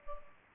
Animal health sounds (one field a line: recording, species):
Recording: mosquito wingbeat signal from an infrared sensor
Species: Culex pipiens